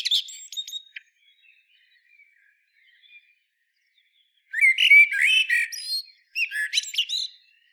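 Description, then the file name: Common blackbird song: a brief high squeaky burst, a quiet gap with faint notes, then two phrases of low fluted whistles ending in high twittering squeaks. "Turdus merula"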